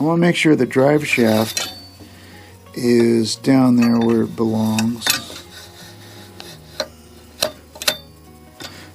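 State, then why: Seated. While reassembling the lower unit of a 1947 Johnson 5 hp TD 20 outboard motor, the metal drive shaft is lowered into place down where it belongs, toward the powerhead. Someone talks over the work, then a few sharp metallic knocks come through. The drive shaft clicks into place at 7.9 s and is seated.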